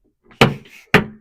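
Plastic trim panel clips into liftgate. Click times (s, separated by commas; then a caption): 0.4 s, 0.9 s. The interior liftgate trim panel of a 2015 Toyota Sienna LE is lined up and pressed back on, its plastic clips snapping into the liftgate. Two loud, sharp snaps land at 0.4 s and 0.9 s, with faint handling noise between them. The clips seat home.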